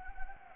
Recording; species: mosquito wingbeat signal from an infrared sensor; Anopheles gambiae